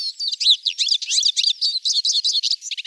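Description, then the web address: Eurasian siskin twittering, a dense run of thin, squeaky notes with quick rising and falling slurs, almost continuous for about three seconds, with no other clear sounds. "Carduelis spinus"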